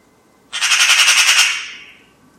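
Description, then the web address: Bird giving one loud, harsh, pulsed squawk lasting a little over a second, rattling rapidly before trailing away; quiet background otherwise. "cianscape birddata Deverinetal"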